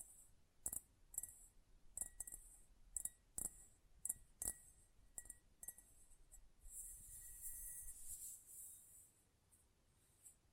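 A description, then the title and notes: Close-up metallic sounds: sharp taps and clicks land irregularly, about one or two per second for the first six seconds, over a thin high hiss. From around seven to nine seconds a brighter scraping shimmer takes over before a last click near the end. ASMR Close Up Metallic Sounds (No Talking).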